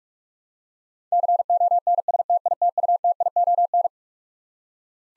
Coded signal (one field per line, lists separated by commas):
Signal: Morse code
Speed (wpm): 46 wpm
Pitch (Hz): 700 Hz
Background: none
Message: CONSTITUTION